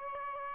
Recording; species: mosquito wingbeat signal from an infrared sensor; Aedes albopictus